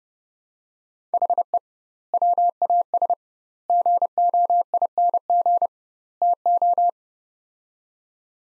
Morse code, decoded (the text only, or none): HE WAS GOING TO